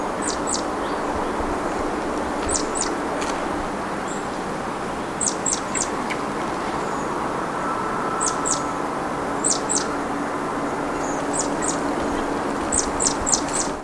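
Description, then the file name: Great tit giving quick high downward-sweeping notes, usually doubled or tripled, repeated in irregular bursts through a steady droning noise. "Parus major"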